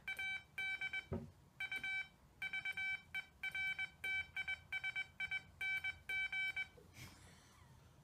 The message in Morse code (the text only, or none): ADUVERTISING